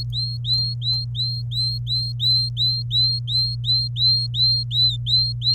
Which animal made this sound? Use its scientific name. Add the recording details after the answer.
Serinus canaria. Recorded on 27 April 2018 at 07:05. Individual llb3